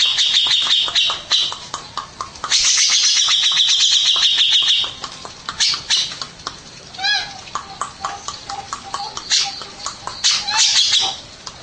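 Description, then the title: Mixed birds calling: rapid high chirps and a loud shrill chattering trill, then scattered squeaky notes and short bursts of chirping. "Burung Campur2"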